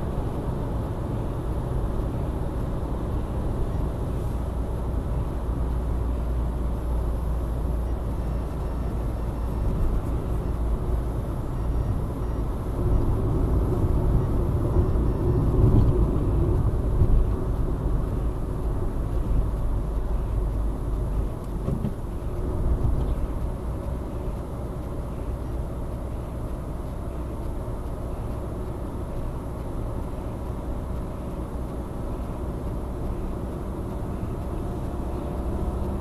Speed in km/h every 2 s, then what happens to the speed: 84, 81, 78, 78, 76, 76, 76, 74, 71, 68, 66, 65, 65, 65, 66, 66, 67, 69.
0-21 slows to 65. 21-36 steady at about 66.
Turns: none.